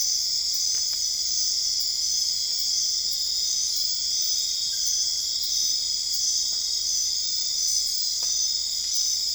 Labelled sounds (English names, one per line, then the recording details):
none
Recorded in dense forest near Puerto Asís, Putumayo, Colombia, on 21 December 2024 at 22:30
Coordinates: 0.485, -76.318
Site GP03